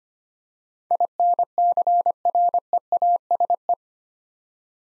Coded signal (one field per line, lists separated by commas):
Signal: Morse code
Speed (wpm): 25 wpm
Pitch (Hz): 700 Hz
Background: none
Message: INCREASE